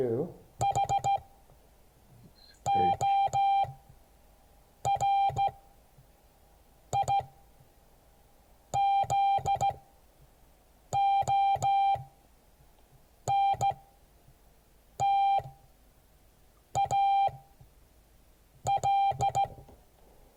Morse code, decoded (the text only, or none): HORIZONTAL